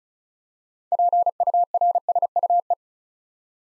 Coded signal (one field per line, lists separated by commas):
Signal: Morse code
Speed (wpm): 34 wpm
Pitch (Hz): 700 Hz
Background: none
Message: PURSUE